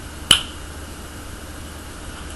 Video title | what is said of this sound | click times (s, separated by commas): [ASMR] Juul Starter Kit Unboxing/Tutorial/Review | Really satisfying click. | 0.3 s